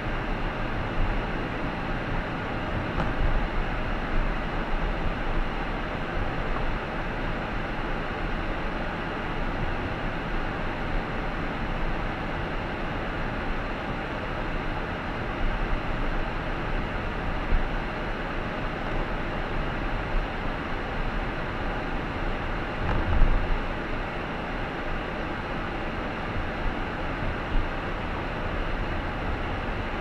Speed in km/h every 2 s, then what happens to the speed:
50, 48, 48, 47, 47, 47, 46, 45, 45, 44, 44, 41, 38, 35, 33.
0-20 steady at about 47. 20-30 slows to 33.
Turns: none.